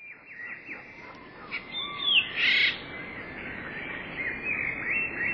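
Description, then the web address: Eurasian blue tit song: thin high notes and trilled phrases, with a louder sweeping whistle and buzzy burst midway, over steady background hiss. "wroblowe teka spiew. wroblowe teka modraszkoteka"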